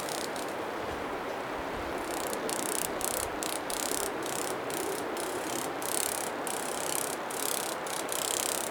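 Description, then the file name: Insect clicking, irregular clicks over a continuous hiss. Recorded in Rocky Mountain National Park. "Clicking Insect Rmnp"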